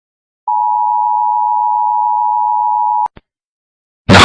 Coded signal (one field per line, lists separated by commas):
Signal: Emergency Alert System (SAME) tones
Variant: 853 and 960 Hz attention tone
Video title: Diego and Alex Becoming Uncanny Extended: You hear this country's EAS alarm (Africa edition) 🌍